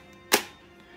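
Pressing the button on a Kenner The Lost World: Jurassic Park Pachycephalosaurus "ram head" dinosaur figure releases its cocked plastic head from its spring latch, and the head snaps forward in a head-butt. A single sharp, bright snap is heard at 0.3 s, fading quickly into near silence. The latch releases and the dinosaur strikes.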